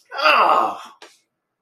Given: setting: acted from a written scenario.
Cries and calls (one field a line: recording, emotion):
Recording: vocal sound without words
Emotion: disappointment